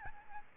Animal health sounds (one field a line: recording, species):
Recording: mosquito wingbeat signal from an infrared sensor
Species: Aedes albopictus